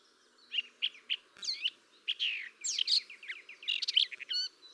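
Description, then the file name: Eurasian blackcap song, separate chirps and slurred notes building into a varied warble, closing with a few clear whistled tones; faint low background hiss. "Sylvia atricapilla"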